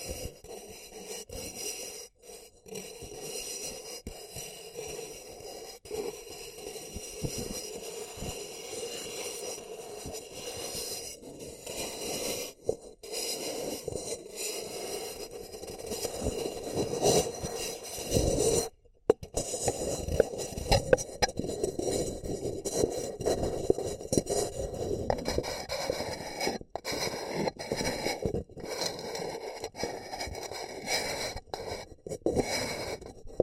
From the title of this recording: Paper Cup Tingles